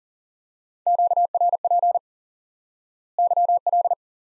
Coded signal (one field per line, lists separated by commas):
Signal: Morse code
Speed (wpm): 40 wpm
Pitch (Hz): 700 Hz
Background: none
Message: QRP YL